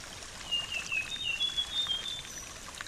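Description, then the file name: Sulingan bird singing thin, pure whistled notes in a gently falling then level run, set against a constant wash of running water. With flowing water. "terapi air mengalir burung sulingan"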